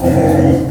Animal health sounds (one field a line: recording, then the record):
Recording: squeal of a Yucatan mini pig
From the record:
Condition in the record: after surgery on the right vocal fold (resection and tissue-engineered implant)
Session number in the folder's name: 2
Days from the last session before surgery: 18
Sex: female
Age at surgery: 19 weeks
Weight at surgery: 25 kg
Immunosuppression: prednisolone